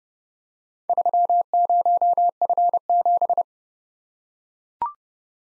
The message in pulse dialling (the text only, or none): none